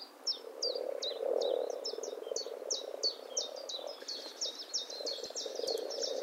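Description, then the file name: Eurasian blackbird giving fast, repeated sharp chinks, about three a second, against a continuous low croaking chorus in the background. "Turdus merula"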